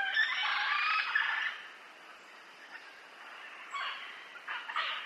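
Parrot squawks, a loud harsh burst at the start, then a quiet spell and a few short squawks near the end.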